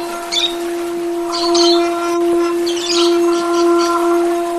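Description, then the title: Oriental magpie-robin singing varied chirps and warbled phrases, with a constant tonal hum underneath throughout. "Kicau Kacer"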